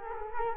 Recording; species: mosquito wingbeat signal from an infrared sensor; Culex quinquefasciatus